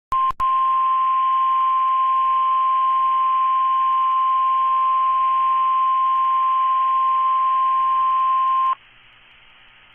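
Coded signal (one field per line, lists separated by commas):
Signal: Emergency Alert System (SAME) tones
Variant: 1050 Hz attention tone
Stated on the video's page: Weekly test received from NOAA Weather Radio transmitter KHB32; valid EAS tones.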